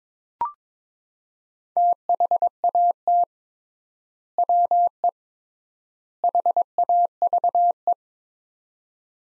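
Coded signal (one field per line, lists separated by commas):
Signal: Morse code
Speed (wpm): 22 wpm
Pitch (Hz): 700 Hz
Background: none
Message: THAT WE HAVE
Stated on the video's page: Morse practice drill of three-word sets at 22 wpm with 3x word spacing, akin to Farnsworth.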